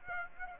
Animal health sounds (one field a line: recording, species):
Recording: mosquito wingbeat signal from an infrared sensor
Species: Aedes aegypti